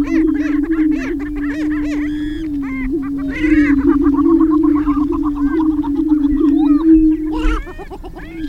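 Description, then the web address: Greater prairie chicken booming: a steady low hooting drone from overlapping birds, laced with sharp rising and falling cackles and whoops, louder from about three and a half seconds. "Laura's Natural Sounds Greater Prairie Chicken"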